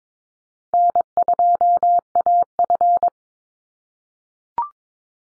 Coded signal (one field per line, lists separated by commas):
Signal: Morse code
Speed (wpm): 22 wpm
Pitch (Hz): 700 Hz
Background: none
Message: N2AF